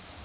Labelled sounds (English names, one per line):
Connecticut Warbler flight call